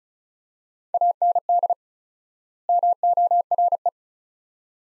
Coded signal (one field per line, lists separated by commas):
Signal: Morse code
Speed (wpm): 36 wpm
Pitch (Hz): 700 Hz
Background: none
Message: AND MORE